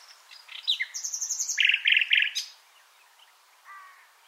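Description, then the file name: Common nightingale phrase of quick chirps building into three loud repeated note groups, then a soft low note. "Luscinia megarhynchos"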